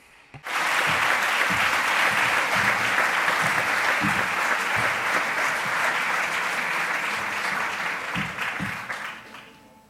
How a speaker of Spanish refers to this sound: Por favor, recibamos con un gran aplauso a Eneko Sagardoy.